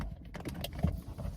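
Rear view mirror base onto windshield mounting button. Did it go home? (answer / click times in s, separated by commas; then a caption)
yes / 0.6 s. A Jeep Cherokee rear view mirror base is set on sideways over the windshield mounting button and twisted. After a few faint clicks and rubbing sounds, it snaps and pops into place at 0.7 s, seating the mirror back on the windshield.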